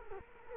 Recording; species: mosquito wingbeat signal from an infrared sensor; Culex quinquefasciatus